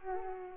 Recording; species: mosquito wingbeat signal from an infrared sensor; Culex pipiens